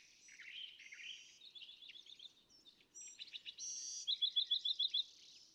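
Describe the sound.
California thrasher song, mixed warbled phrases ending in a rhythmic run of about seven rapid, evenly spaced chips, with low rumble in the background.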